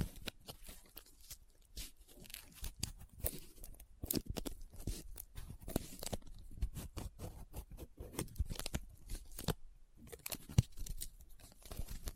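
Paper is handled up close, crinkling and rubbing in dense bursts of crisp, dry crackles that run from low to bright. The rustling is irregular and nearly continuous, with short quieter gaps around two and nine seconds and a sharp snap near ten and a half seconds.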